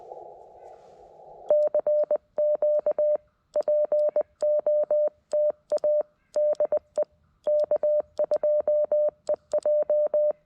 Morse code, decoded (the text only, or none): CQ POTA DE K2EJ